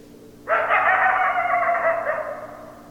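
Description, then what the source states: Coyote call, a coarse, buzzy sustained cry of about one and a half seconds, gradually softening and fading out. Recorded on 10 December 2012.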